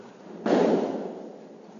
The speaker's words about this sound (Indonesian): Masya Allah, pagi-pagi main petasan. Ada yang hajatan. Pagi-pagi main petasan.